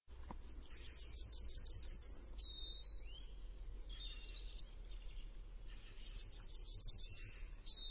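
Bird song repeated: a rapid series of high pulsed notes ending in a higher whistle and a lower buzzy slur, with a low background hum.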